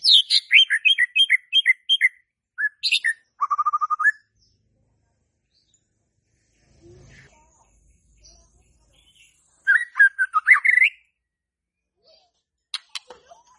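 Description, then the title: White-rumped shama song, a fast varied series of high whistles, a low buzzy trill, then after a quiet gap a rising warbled phrase and scattered sharp clicks. Used as a lure (pancingan) for a stressed shama that has stalled (macet) in its singing. "PANCINGAN Murai Batu STRES & MACET"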